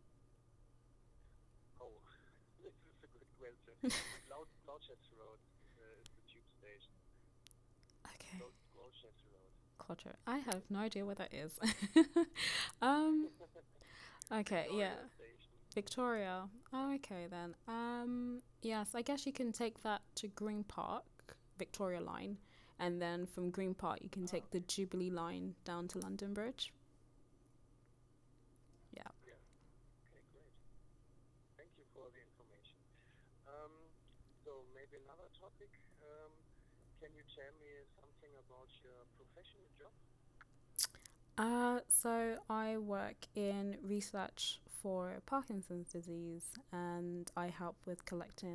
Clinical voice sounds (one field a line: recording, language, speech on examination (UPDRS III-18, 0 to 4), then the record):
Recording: conversation on a phone call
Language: English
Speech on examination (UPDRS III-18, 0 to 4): 0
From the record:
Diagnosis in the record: healthy control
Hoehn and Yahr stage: 0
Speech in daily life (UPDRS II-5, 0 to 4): 0